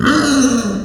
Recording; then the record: squeal of a Yucatan mini pig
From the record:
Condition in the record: after surgery on the right vocal fold (resection and tissue-engineered implant); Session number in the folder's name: 6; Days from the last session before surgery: 40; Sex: female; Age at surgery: 19 weeks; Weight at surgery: 25 kg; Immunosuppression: prednisolone